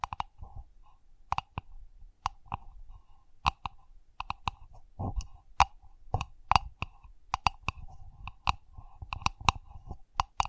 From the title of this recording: Sensitive Tapping